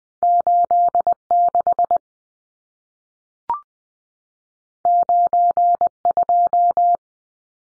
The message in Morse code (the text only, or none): 86 92